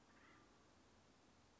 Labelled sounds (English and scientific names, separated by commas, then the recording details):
Acorn Woodpecker (Melanerpes formicivorus)
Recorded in Sonoma County, California